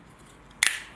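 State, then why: Seated. A washed part of a HIZERO floor cleaner's water tank is pushed back into the tank assembly, and a single sharp click sounds at 0.6 s above a quiet background. The part is seated correctly, as the click means it has gone back together right.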